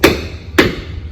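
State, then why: Seated. A black plastic/metal black optic exhaust tip trim for a 2022 Audi A4, A5 or A5 Sportback is held in place while one side is pushed into the rear bumper clips. Two sharp snaps are heard at about 0.0 s and 0.6 s, and the trim pops into place, seated.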